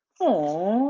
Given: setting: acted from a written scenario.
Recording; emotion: vocal sound without words; adoration